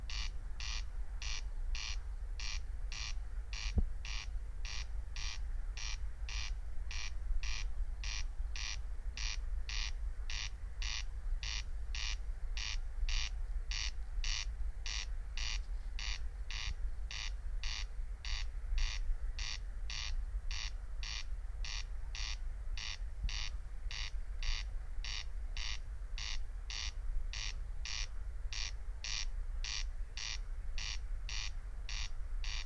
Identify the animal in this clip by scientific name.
Crex crex